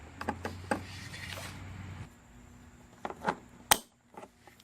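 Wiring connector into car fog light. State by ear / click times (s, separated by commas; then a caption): seated / 3.7 s. A wiring harness plug is pushed into the plastic connector on the back of an OEM fog light housing for a 2013–2015 Nissan Altima (L33 Teana). Several light taps and rustling handling noises lead up to a sharp, loud click at 3.7 s as the connector latches and seats.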